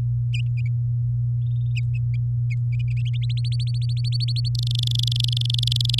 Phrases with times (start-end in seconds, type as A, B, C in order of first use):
3.29-4.48 A, 4.55-5.99 B